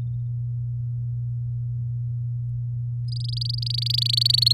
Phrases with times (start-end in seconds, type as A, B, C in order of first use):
3.08-4.53 A